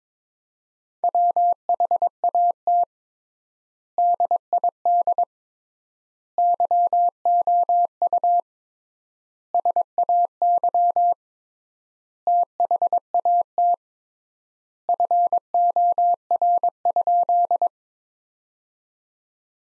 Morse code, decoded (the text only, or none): WHAT DID YOU SAY THAT FOR?